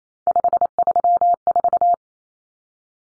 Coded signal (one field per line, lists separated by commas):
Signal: Morse code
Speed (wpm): 28 wpm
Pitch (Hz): 700 Hz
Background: none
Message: 534